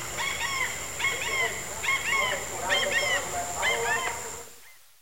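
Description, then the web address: Large-billed tern calling: a few grating, nasal notes in pairs and triplets, spaced roughly a second apart, with a high background hum, fading out at the end. South America, eastern lowlands. "Natures Songs S America Eastern Lowlands. Large-billed Tern"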